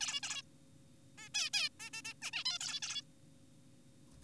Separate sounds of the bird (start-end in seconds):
0.01-0.21, 0.23-0.42, 1.18-1.29, 1.34-1.50, 1.53-1.69, 1.80-1.90, 1.94-2.02, 2.05-2.14, 2.22-2.31, 2.33-2.44, 2.46-2.58, 2.61-2.80, 2.82-3.02